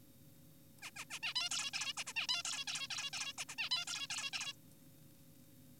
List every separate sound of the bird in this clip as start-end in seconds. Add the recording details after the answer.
0.82-0.91, 0.96-1.05, 1.10-1.19, 1.23-1.34, 1.36-1.49, 1.51-1.71, 1.74-1.93, 1.98-2.04, 2.07-2.13, 2.16-2.26, 2.29-2.43, 2.45-2.65, 2.68-2.88, 2.90-3.10, 3.13-3.33, 3.38-3.44, 3.49-3.55, 3.58-3.69, 3.71-3.85, 3.88-4.08, 4.10-4.30, 4.33-4.53. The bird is an adult. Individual g4p5U